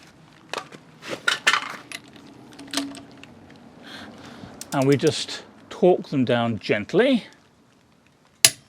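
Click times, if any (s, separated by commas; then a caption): 8.5 s. A torque wrench tightens a wheel nut on a Nissan Primera P12 after the nut has been run down gently. A few sharp knocks and rattles come early, then someone talks. The wrench gives a single loud click at 8.5 s, signalling that the nut has reached torque.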